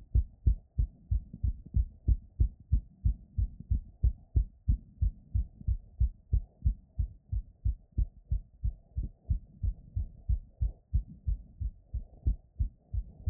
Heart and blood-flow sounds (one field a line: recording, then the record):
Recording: heart sounds by stethoscope after running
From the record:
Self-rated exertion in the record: vigorous exertion (4 of 6)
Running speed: 10 mph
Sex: male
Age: 18 years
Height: 179 cm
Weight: 72 kg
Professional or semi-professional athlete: no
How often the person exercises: 3 to 5 times a week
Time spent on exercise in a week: 3 to 4 hours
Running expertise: yes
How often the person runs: under once a week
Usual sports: weight training, basketball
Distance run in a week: 1 km